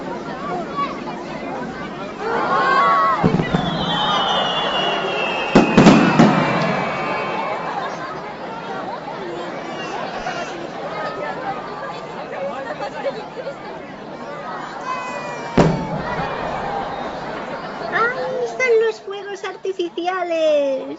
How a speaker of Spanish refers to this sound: Como les hemos contado en programas anteriores, en esta temporada, durante las noches, se lanzan fuegos artificiales en lugares como, por ejemplo, la ribera de los ríos. Y en sitios muy populares se reúnen incluso hasta miles de personas.